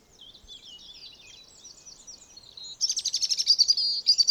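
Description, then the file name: European robin: a soft, high warble, then a sudden loud, rapid run of sharp, high repeated notes. "Erithacus rubecula"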